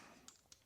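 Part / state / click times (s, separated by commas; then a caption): screwdriver bit with spacer into electric screwdriver bit holder / not seated / none. A screwdriver bit is inserted over a homemade spacer dropped into the bit holder of a Vessel 220USB-P5U electric 3-speed screwdriver (USA version). A few small, faint taps are heard at about 0.3, 0.5 and 0.7 seconds over a quiet background. The bit has not locked or clicked into place, because the fit is slightly off.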